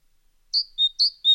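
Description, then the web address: Great tit song: a clear two-note phrase, a higher note dropping to a lower whistled one, given twice in quick succession with no other sounds. "fugle stemmer Musvit"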